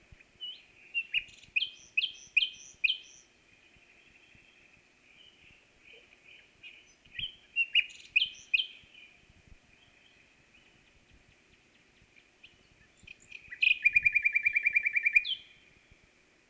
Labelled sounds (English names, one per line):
Common Nightingale song